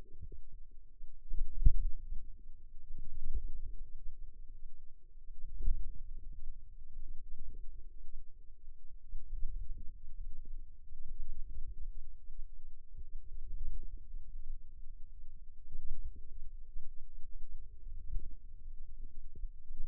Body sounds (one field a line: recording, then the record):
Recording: forearm muscle sounds (acoustic myography)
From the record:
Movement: ulnar deviation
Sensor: system 2, bracelet of six BSWA MPA416 microphones around the upper forearm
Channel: 5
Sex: female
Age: 22 years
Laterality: right